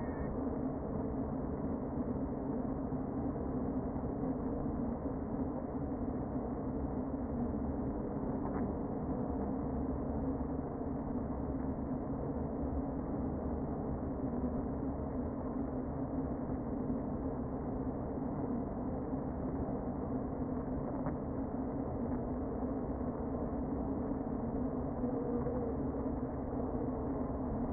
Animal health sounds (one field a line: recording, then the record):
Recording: honeybee colony, microphone inside the hive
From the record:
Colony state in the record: queen present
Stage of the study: before two queens were removed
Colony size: about 60,000 bees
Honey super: yes